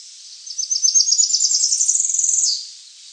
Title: LuckyPassaro Completos2Sama. Tropical Parula (Setophaga pitiayumi)